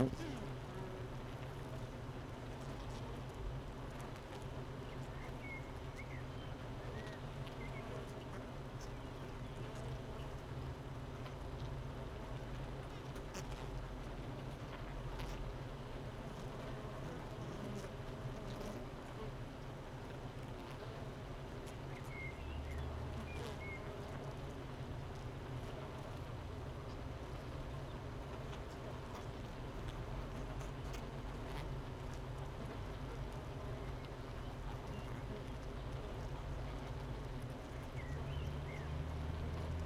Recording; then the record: honeybee colony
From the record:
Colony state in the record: missing queen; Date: 31 May 2018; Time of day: 8:23